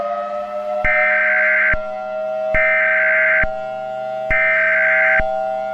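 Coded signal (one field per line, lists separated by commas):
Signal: Emergency Alert System (SAME) tones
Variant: header bursts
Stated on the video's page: Fictional EAS scenario simulation about Stranger Things Demogorgons attacking after the New Year's ball drop.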